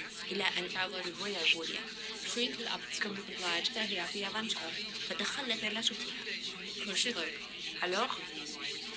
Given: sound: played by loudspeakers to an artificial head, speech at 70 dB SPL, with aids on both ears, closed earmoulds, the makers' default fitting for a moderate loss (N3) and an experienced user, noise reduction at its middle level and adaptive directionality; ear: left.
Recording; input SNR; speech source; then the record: speech test signal (ISTS) in cocktail-party noise; -3 dB; in front (0 degrees)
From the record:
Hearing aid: class 1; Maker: E